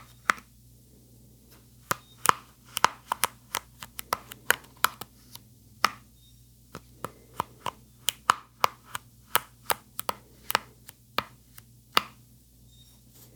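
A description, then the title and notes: Brush bristles pop in sharp, dry clicks, scattered irregularly at first and then coming in a quicker, steadier run through the middle of the clip. Each snap is crisp and close, with a faint low hum underneath in a quiet indoor room. Popping Brush Bristles.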